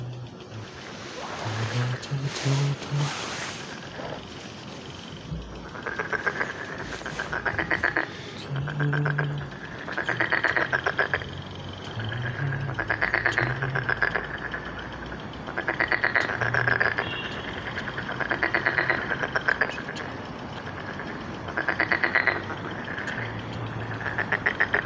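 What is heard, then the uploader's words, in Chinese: Frogs croak at a pond on a spring evening, their calls coming in dense, rhythmic pulsing bursts every few seconds that fill most of the clip. Low rumbling sounds surface now and then near the start, and a faint steady hiss sits underneath. 春日晚塘蛙鸣。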